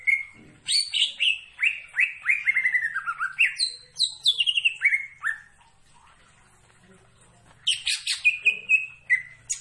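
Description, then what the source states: Greater green leafbird singing a long cascade of rapid falling whistles and high chips, then pausing before a final short phrase. Singing actively; described as "gacor".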